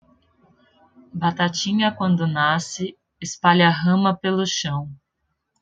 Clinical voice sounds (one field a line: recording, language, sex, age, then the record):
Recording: short text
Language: Brazilian Portuguese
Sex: female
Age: 30 to 39 years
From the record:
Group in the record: control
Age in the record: 35 years